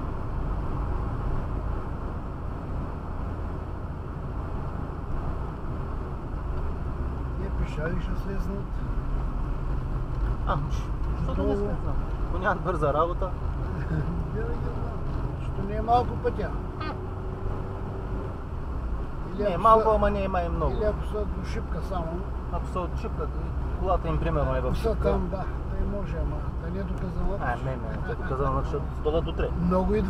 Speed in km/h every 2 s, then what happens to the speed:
50, 49, 48, 40, 33, 32, 35, 32, 31, 31, 34, 38, 35, 36, 39.
4-8 brakes to 33. 8-19 steady at about 32. 19-21 speeds up to 38. 21-30 steady at about 36.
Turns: 6-17, 21-26.